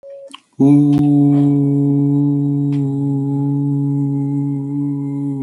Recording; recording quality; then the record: sustained vowel as in boot; excellent, no background noise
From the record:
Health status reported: healthy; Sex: male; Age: 27 years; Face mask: not worn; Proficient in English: no